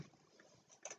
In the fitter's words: anyone hear that snap at this that punches a hole and then then